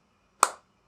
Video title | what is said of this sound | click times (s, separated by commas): Testing LADUORA Duo Scalp & Hair Care Device for Hair Growth! | you hear a click and then it is completely | 0.4 s